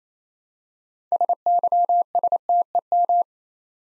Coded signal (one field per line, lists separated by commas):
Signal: Morse code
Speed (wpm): 28 wpm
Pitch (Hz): 700 Hz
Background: none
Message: SYSTEM